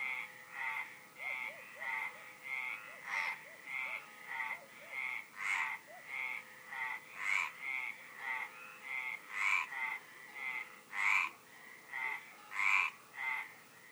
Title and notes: The Frogs at Le -Bar-sur-Loup. 21 juin 2013, son et lumière au Bar-sur-Loup : grenouilles, chien, cloche et lucioles